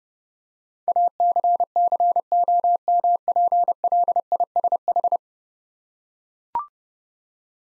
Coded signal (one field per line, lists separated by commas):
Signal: Morse code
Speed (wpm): 30 wpm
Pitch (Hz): 700 Hz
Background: none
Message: ACCOMPLISH